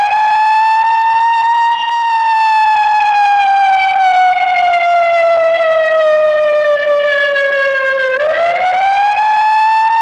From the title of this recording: Old Siren Cops